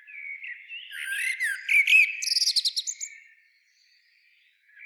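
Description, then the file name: Common blackbird gives a single warbled phrase that turns into a fast series of high, clipped twitters, then stops into near silence. "Turdus merula"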